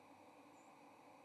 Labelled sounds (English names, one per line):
White-throated Sparrow flight call